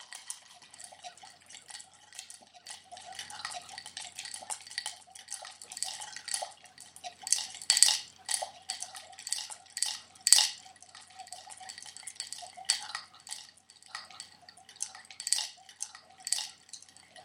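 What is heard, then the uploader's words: Ice rattles and clinks in a glass, the sharp, bright taps arriving in irregular clusters. The first few seconds are quieter and sparser; from about seven seconds the clinks grow louder and busier, with strong knocks near eight and ten seconds, over a faint liquid stir. Live multiple channel recordings without additions or enhancements. Record the sound of ice in a glass.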